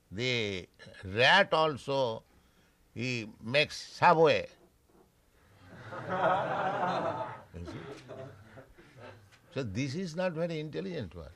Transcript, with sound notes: The rat also, he makes subway. [laughter] You see. So this is not very intelligent work,